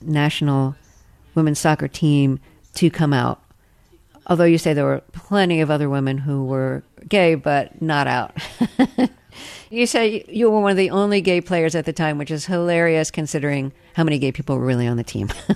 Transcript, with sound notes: national women's soccer team to come out. Although, you say there were plenty of other women who were gay but not out. (laughter) You say you were one of the only gay players at the time, which is hilarious considering how many gay people were really on the team.